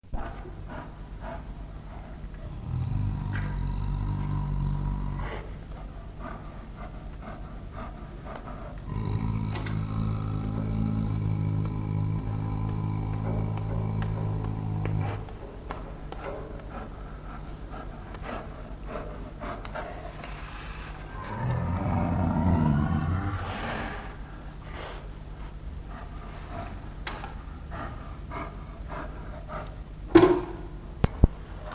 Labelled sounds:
Brown Bear
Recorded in captivity
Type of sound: growling, snorting
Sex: male
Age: adult
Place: Märkisches Museum Berlin, Berlin, DE
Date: 1967-01-30
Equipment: Tesla Uran, Grundig Mikrofon
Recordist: Ziesing
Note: Bärenzwinger, Juni/Juli 1967: Nante, Drohbrummen, Brunstlaute

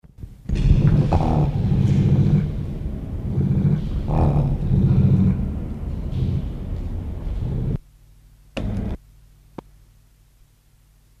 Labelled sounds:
Bat-eared Fox growling
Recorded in captivity
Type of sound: growling
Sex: female
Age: adult
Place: Zoo Halle, Sachsen-Anhalt, DE
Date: 1976-07-26
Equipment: Uher CR 210, Sennheiser MD 421 HL, Verstärker, Kopie Uher Variocord
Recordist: Tembrock, Günter
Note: Weibchen: Knurren gegen Beobachter Abstand 1 m

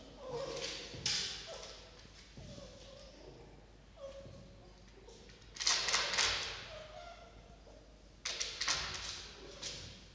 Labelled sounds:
Red Fox
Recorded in captivity
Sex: diverse
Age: diverse
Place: Zoologisches Institut der HUB, Berlin, DE
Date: 1953-07-31 18:55
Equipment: Elmetra
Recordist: Tembrock, Günter
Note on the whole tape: Molly (auf 5, sich vor Jupp wälzend): Winsellaute; Jupp: Muffen mit Fleisch

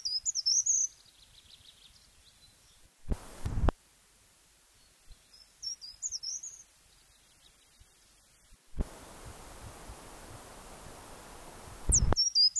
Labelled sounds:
Short-toed Treecreeper
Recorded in the wild
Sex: male
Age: adult
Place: Effeltrich, Bayern, DE
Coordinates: 49.6603, 11.0908
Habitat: hedge
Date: 1966-05-01
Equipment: Vollspur
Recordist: Tretzel, Erwin

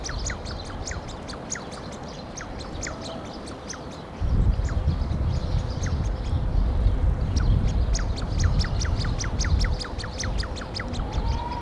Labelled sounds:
Common Shelduck call
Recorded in captivity
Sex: pair
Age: adult
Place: Zoo Leipzig, Sachsen, DE
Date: 1988-04-28 12:30
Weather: overcast, 12°C
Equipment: Nagra SN, Kopie Tesla B 116
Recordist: Tembrock, Günter

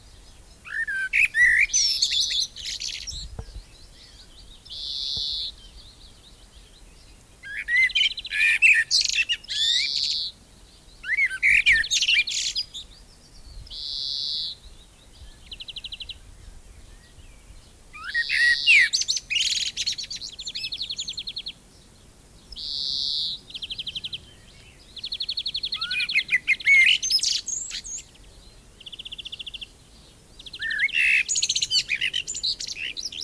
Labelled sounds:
Common Blackbird song
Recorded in the wild
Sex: male
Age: adult
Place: Lübars (Fließtal), Berlin, DE
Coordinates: 52.6167, 13.35
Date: 2000-05-14 18:14
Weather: fair, ca. 23°C
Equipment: Nagra SN, Kopie Uher 4000 Report Monitor
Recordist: Tembrock, Günter
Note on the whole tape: Gesang

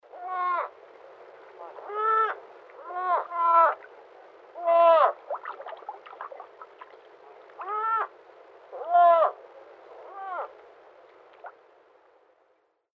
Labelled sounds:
Coypu
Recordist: Tembrock, Günter
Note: Kurzlaute

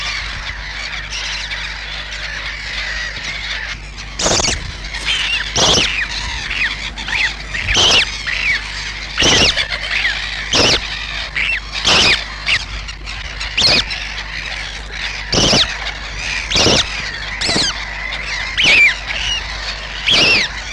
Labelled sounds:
Black-headed Gull call
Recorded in the wild
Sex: group
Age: diverse
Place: Petershain, Niederlausitz, Sachsen, DE
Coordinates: 51.3167, 14.7514
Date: 1963-06-10
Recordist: Meyer, Hugo

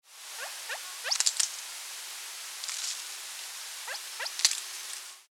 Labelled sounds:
Rock Ptarmigan
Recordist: Frommolt, Karl-Heinz
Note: Kontaktrufe

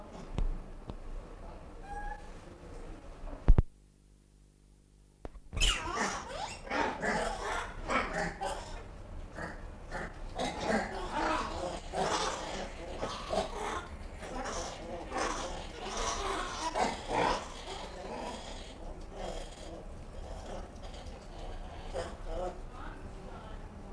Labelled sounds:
Rhesus Monkey call
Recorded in captivity
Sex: diverse
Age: diverse
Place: Tierpark Berlin, Berlin, DE
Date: 1959-07-24 20:15
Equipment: Reporter (Vollspur)
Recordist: Tembrock, Günter

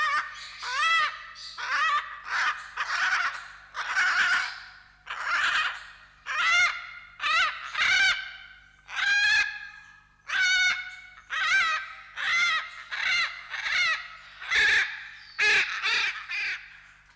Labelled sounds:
Hyacinth Macaw call
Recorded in captivity
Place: Zoo Berlin, Berlin, DE
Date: 1995-03-04 10:43
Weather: heiter bis wolkig, 1 - 5°C
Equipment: Marantz CP 130, Sennheiser ME 80, Kopie Uher Variocord 263
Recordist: Tembrock, Günter

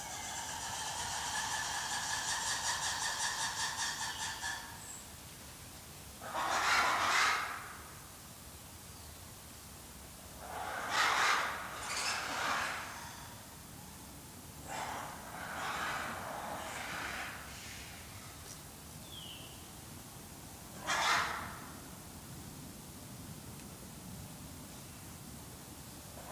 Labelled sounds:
Black-and-white Ruffed Lemur
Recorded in captivity
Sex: group
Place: Tierpark Berlin, Berlin, DE
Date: 2003-09-19 14:30
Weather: sonnig, 24°C
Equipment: Fair Mate ST-1328 (Asahi Electronics, Japan), Sennheiser ME 80, Kopie Uher 4000 Report Monitor
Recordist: Tembrock, Günter

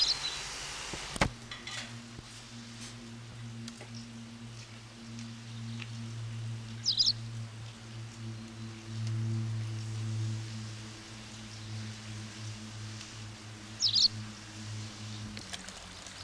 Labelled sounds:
White Wagtail song
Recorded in the wild
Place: Ormont-Dessous, Kanton Waadt, CH
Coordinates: 45.3597, 7.19972
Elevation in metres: 1690
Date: 1986-05-22
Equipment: Uher 4000 Report, Sennheiser MKH 815 T
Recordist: Tretzel, Erwin

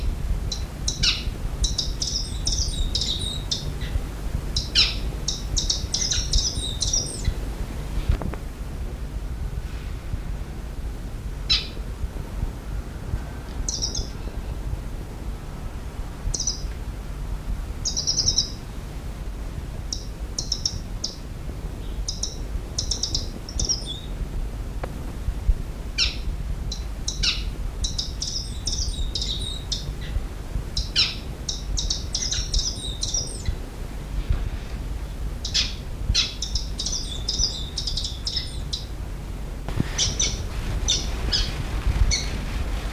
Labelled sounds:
Orange-cheeked Waxbill song
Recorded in captivity
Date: 1979-07-01
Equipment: Halbspur, 9,5 cm/s
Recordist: Lütgens, Hans

